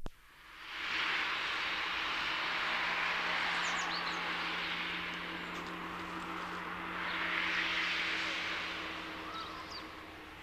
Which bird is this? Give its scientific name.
Parus major